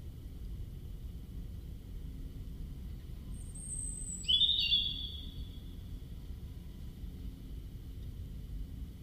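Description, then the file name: European robin gives a single high phrase midway, a thin drawn-out whistle followed by a quick bright warble, set against low continuous background noise. "Erithacus rubecula"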